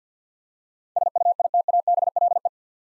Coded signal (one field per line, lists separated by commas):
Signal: Morse code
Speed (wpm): 47 wpm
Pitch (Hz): 700 Hz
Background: none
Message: SUITABLE